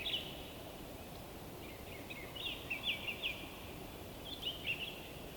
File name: WINTER Forest day blissful bird song resonating through the frozen wood North Laurentian Woods Canada LOOPLR